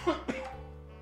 That was loud. That was a weird fucking cough.